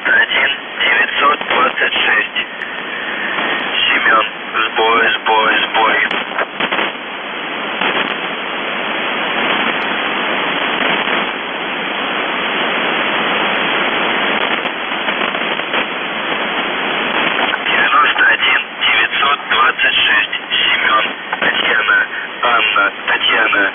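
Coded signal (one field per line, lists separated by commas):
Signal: numbers station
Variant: UVB-76 voice message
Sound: a voice speaking over shortwave radio, muffled and band-limited, with hiss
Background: radio static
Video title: The Buzzer/UVB-76(4625Khz) August 11, 2021 15:53UTC Voice message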